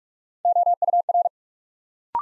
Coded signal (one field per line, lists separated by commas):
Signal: Morse code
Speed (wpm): 48 wpm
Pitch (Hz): 700 Hz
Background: none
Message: OUR